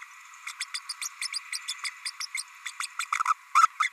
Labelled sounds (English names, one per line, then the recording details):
Green-rumped Parrotlet babbling
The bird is a male
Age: 30 days
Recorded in a nest box in Venezuela
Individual 17B32A6